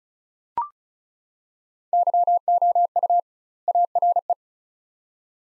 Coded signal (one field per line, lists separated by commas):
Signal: Morse code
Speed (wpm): 36 wpm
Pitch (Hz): 700 Hz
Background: none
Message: YOU ARE